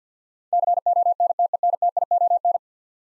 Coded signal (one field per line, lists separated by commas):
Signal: Morse code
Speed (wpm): 50 wpm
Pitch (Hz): 700 Hz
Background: none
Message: CONTENTION